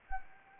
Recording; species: mosquito wingbeat signal from an infrared sensor; Anopheles gambiae